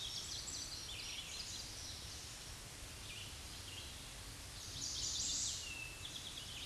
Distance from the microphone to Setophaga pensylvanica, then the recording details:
about 25 m. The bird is about 5 m above the microphone. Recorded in a Pennsylvania forest on 16 May 2024 at 07:05. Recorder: AudioMoth, point MSD-2376. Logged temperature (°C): 16.7 °C. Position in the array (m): 123 m, 5 m